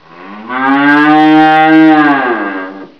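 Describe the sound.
Cow giving a single long, steady, rich moo lasting about two and a half seconds, slightly rising then falling at the end.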